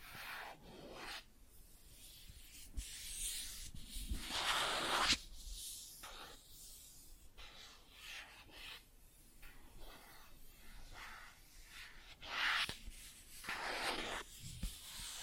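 Plastic objects scratched and rubbed in irregular bursts, with scraping strokes around four to five seconds and again near twelve, plus occasional sharp taps.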